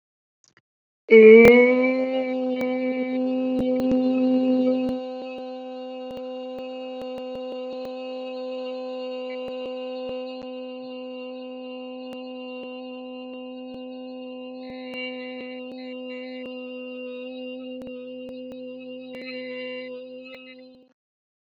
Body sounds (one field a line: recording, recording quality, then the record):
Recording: sustained vowel as in made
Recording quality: excellent, no background noise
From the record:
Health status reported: recovered from COVID-19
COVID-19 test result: positive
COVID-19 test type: RT-PCR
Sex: female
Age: 26 years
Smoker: no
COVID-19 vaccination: both doses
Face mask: not worn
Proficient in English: yes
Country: India